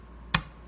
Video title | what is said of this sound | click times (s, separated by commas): High Speed Engraving System Setup - Basic Components | you heard that click and then the burr seated in so | 0.4 s